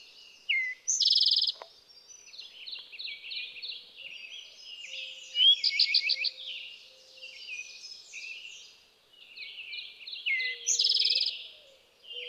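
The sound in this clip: Eastern towhee songs, each a few sharp opening notes ending in a fast ringing trill, heard three times over a busy chorus of other birds and a low steady hum.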